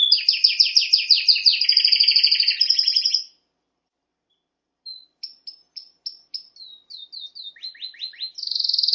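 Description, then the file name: Canary singing a fast rolling trill, then a pause of over a second, followed by sharp chips, quick downward slurs and a closing buzzy trill. "Canary Voice"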